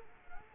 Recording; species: mosquito wingbeat signal from an infrared sensor; Culex quinquefasciatus